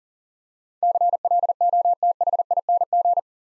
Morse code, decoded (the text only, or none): CLOTHING